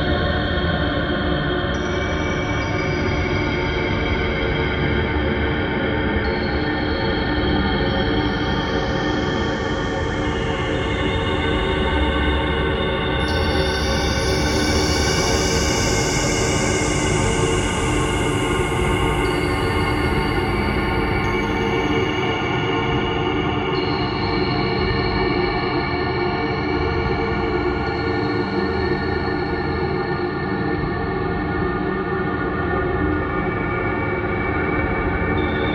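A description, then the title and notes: A dense, flowing drone holds steady for the whole stretch, layered tones stacked from a deep rumbling low end up into bright upper tones. Around the middle, airy rising sweeps glide upward in the high range and fade, with a fainter sweep near the end. A soundscape of flowing drones.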